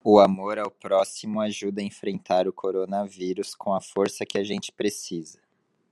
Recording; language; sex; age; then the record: spoken sentence; Brazilian Portuguese; male; 30 to 39 years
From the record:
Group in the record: control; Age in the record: 33 years